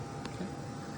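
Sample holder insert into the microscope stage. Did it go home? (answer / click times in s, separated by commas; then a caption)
yes / 0.2 s. A sample holder insert is lined up with the marked position on the stage of an LSM 880 confocal microscope and slid all the way down. A short, sharp click at 0.3 s rises over a steady broadband hum. The holder locks into place.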